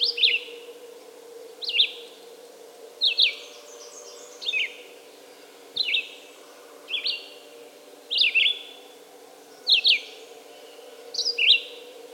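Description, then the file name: Red-eyed vireo song, a steady series of short slurred whistled phrases, about forty per minute, with a constant low background hum. "red-eyed vireo song by jonathon jongsma"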